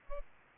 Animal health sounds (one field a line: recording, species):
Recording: mosquito wingbeat signal from an infrared sensor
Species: Aedes albopictus